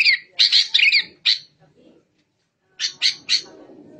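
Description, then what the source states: Bird song of a few harsh, buzzy notes, a silent gap, then three more scratchy notes over faint low background. Masteran bird-song recording used for training songbirds.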